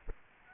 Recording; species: mosquito wingbeat signal from an infrared sensor; Aedes aegypti